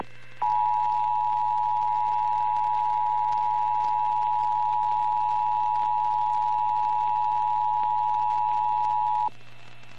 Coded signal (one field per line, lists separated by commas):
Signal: Emergency Alert System (SAME) tones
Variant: 853 and 960 Hz attention tone